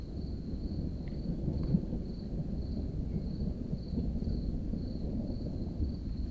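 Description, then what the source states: Cricket song: a high trill pulsing in slow beats, over low rumbling storm noise, with faint very high ticks above. Garden of a small village in Nedde, France; thunderstorm approaching; Zoom H5 with HYH-5 stereo mic.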